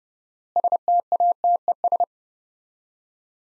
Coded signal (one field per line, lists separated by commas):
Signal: Morse code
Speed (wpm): 31 wpm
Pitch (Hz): 700 Hz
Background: none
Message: STATES